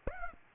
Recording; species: mosquito wingbeat signal from an infrared sensor; Aedes aegypti